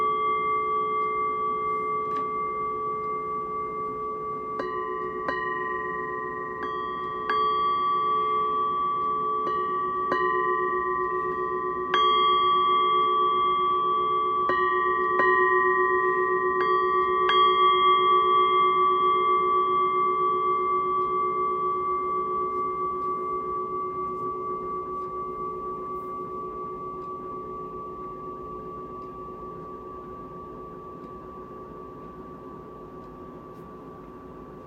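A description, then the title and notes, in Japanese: Temple bowl bells ring during a Buddhist service, one low and one higher tone humming steadily together. Light strikes land every few seconds between about 5 and 17 seconds, each adding a bright chime, then the long ringing slowly fades over the last stretch. 勤行時の鳴りものの音だけです。お鈴2種、ニ器→洒水器と散杖、なき蛙、龍神玉等です。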